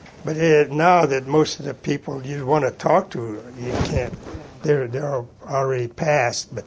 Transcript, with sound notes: But it -- now that most of the people you'd want to talk to, you [microphone noise] can't. They're, they're al -- already passed.